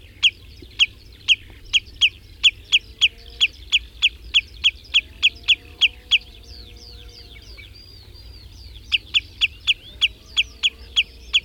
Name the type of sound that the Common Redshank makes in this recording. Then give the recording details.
call. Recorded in the wild. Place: Lieschow, Insel Rügen, Mecklenburg-Vorpommern, DE. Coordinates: 54.433, 13.172. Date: 1975-05-25 04:00. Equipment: Nagra III BH, Sennheiser MD 21, parabola. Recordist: Schubert, Michael